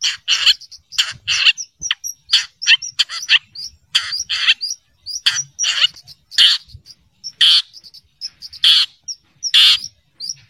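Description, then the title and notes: Long-tailed shrike song: rapid harsh chatter interspersed with thin, high whistled notes. "Kicau Burung Cendet"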